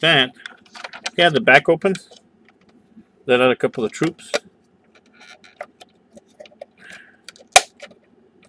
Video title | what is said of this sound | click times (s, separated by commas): Elite Force M113 Mini Desert Tank Review from ROSS Dress For Less | that snaps into place | 7.6 s